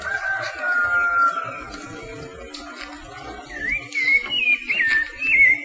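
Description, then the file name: Rufous-bellied thrush giving short warbled whistled phrases around mid pitch in the second half, after a long steady whistled tone at the start. "Turdus rufiventris"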